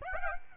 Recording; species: mosquito wingbeat signal from an infrared sensor; Aedes aegypti